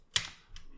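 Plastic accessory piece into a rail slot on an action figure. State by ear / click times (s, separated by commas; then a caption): seated / 0.2 s. A plastic accessory piece is slid along its rail slot on a Transformers Masterpiece MP-43 Megatron (Beast Wars) action figure and pushed until it seats. A sharp click sounds at 0.2 s, followed by a fainter tick at about 0.6 s. The piece clicks into place and is seated.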